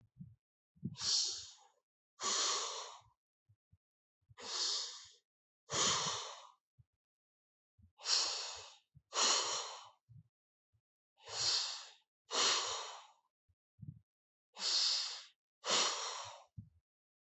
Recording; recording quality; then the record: deep breathing; excellent, no background noise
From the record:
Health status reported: healthy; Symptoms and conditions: hypertension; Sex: male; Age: 37 years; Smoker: yes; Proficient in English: yes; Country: India